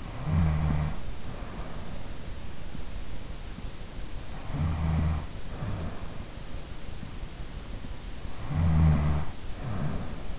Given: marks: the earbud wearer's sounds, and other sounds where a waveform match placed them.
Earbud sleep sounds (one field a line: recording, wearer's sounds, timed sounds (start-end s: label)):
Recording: sounds in sleep by an in-ear microphone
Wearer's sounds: snoring breath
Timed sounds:
0.00-2.48 s: snoring breath
4.12-6.44 s: snoring breath
8.16-10.39 s: snoring breath